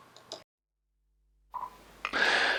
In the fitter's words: everything clicked and snapped into place like it should have done in the first place